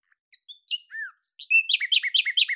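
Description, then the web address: Bird singing a short phrase: thin whistles and a downslurred note lead into a quick series of bright, repeated two-part chirps. "Deverinetal 2025"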